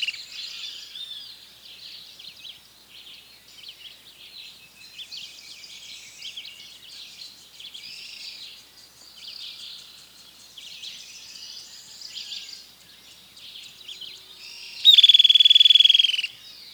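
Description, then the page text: Streak-headed Woodcreeper: a long stretch of quiet, busy high-pitched background sound, then near the end a single loud trill lasting over a second, falling slightly in pitch. "Streak-headed Woodcreeper - Lepidocolaptes souleyetii. Neotropical Birds - Birds of the World"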